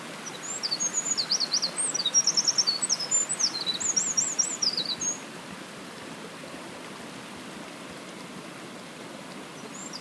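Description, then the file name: Eurasian wren song: a loud, very high, rapid outpouring of trills and sharp twittering notes lasting about five seconds, then quiet background hiss. "misosazai"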